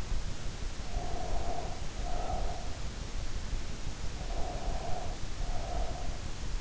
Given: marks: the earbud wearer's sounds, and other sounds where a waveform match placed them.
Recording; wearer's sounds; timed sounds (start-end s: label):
sounds in sleep by an in-ear microphone; breath
0.88-2.77 s: breath
4.20-6.25 s: breath